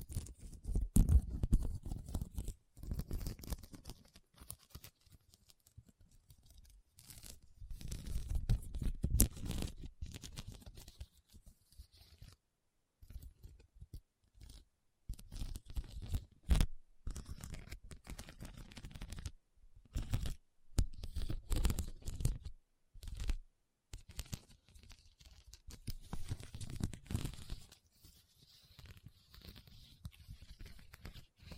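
Rhinestone tapping and scratching comes in bursts, with rough, crinkly scraping strokes lasting a second or two, separated by brief silences. Sharp clicks punctuate the activity, and the lower, fuller rubbing returns repeatedly, most strongly near the start and around ten seconds.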